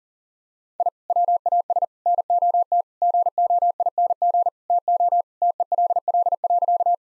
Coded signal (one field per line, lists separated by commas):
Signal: Morse code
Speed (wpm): 40 wpm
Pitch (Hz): 700 Hz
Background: none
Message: I WAS NOT GOING TO TELL.